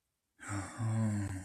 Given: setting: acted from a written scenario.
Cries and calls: vocal sound without words; guilt

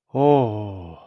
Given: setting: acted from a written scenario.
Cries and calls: vocal sound without words; awe

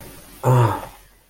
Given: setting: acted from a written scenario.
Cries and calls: vocal sound without words; sympathy

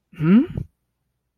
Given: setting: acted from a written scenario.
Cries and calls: vocal sound without words; confusion

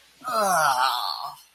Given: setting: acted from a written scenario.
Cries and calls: vocal sound without words; disgust

